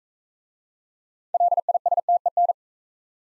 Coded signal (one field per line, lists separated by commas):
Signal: Morse code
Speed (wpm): 42 wpm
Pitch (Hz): 700 Hz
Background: none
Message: LISTEN